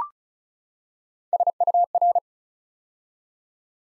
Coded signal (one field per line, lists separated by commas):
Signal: Morse code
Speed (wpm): 36 wpm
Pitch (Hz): 700 Hz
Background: none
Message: SUR